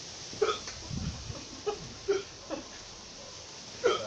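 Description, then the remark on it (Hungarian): Five or so short, sharp hiccups at uneven intervals from a person who has just eaten very spicy food, each a quick voiced catch in the throat, fairly soft over a low, steady background hum with no talking. “Jó, és ennyire csuklás vagyok. Most kell olyan, hogy csuklás.”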